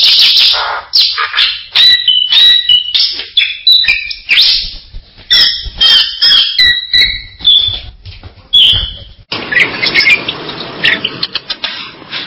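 Bird song, rapid chattering and clear whistled notes in quick succession, followed by a softer stretch of hissing background near the end.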